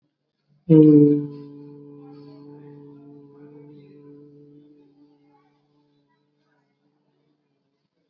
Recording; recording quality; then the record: sustained vowel as in boot; excellent, no background noise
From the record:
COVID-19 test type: RT-PCR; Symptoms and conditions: cough, fatigue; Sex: male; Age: 30 years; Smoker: no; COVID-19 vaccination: both doses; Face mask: worn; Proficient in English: yes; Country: India